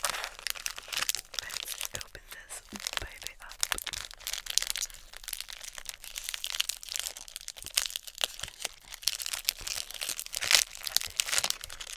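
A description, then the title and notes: Someone eating snacks, with constant crinkling of a wrapper and crisp crunches scattered throughout. The sounds are bright and dense, arriving in quick irregular bursts, with a few sharper crackles around the middle and near the end. ASMR Eating German Snacks.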